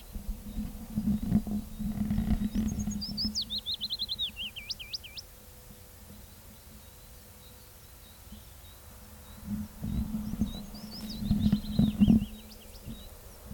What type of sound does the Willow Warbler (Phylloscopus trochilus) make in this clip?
song